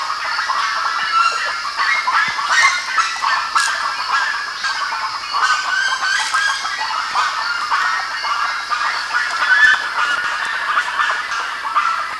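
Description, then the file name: Bird calls, a steady crowded chatter of nasal and squeaky notes. "SABIOD 50 bird 2015"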